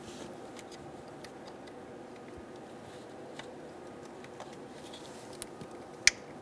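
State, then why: Seated. The plastic electrical connector of an upstream oxygen sensor on a 2002-2006 Toyota Camry 2.4L L4 is pushed into the vehicle's wiring harness connector after its wiring is routed back. Faint ticks and handling noises come first, then one sharp, loud click at 6.1 s as the connector latches. The connector is fully seated.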